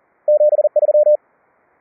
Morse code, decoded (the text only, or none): 73